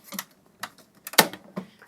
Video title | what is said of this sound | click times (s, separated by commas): 67XL Ink Cartridges Black & Color Combo Pack | and click into place | 1.2 s